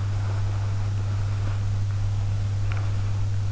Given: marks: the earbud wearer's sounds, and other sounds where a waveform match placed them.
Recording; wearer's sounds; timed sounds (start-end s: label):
sounds in sleep by an in-ear microphone; body movement
0.11-1.65 s: body movement